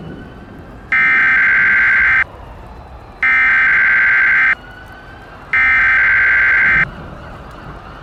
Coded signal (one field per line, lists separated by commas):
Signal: Emergency Alert System (SAME) tones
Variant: header bursts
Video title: EAS Scenario: Yukina Part 1